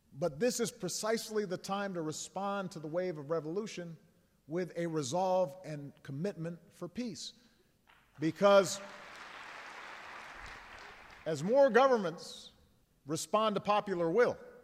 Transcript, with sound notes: But this is precisely the time to respond to the wave of revolution with a resolve and commitment for peace. (Applause.) Because as more governments respond to popular will,